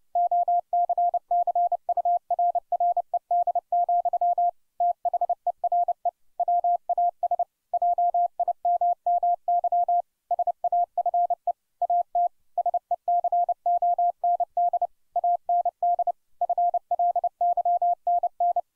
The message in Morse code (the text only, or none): OCCURRED, THERE WAS JIMMY SAFE AT SECOND AND FLYNN